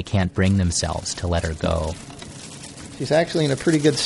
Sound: sound of freezer rustling

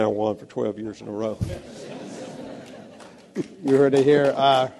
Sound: laughter

